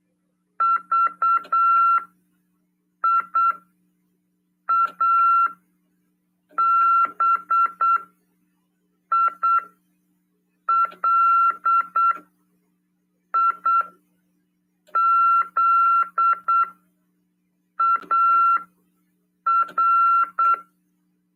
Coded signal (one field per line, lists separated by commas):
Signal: Morse code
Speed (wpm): 8 wpm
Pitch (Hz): 1360 Hz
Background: none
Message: VIABILIZAR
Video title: RADIOAMADOR 2ªEd. 15/12/2022 "AULA 46: CW, LEGIS e C.RODADA" FM 146.410 Mhz.PY2EXU PAULO CRASP/RAF.